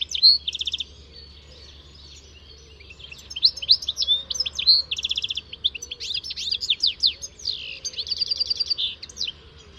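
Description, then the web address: Bird song: a short burst of high trilled notes, a pause, then a fast, nearly continuous jumble of high chirps, trills and buzzy notes over a faint low hum. "Deverinetal. Bird Only"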